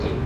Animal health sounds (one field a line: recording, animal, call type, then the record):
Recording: contact call of a hoofed animal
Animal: pig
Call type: closed-mouth grunt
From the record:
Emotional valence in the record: positive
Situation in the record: food and toys in familiar pen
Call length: 0.26 s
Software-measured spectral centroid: 1360 Hz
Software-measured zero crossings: 890 a second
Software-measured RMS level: -24 dBFS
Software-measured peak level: -13 dBFS